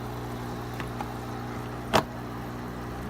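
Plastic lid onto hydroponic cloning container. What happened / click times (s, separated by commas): The plastic lid snapped into place / 2.0 s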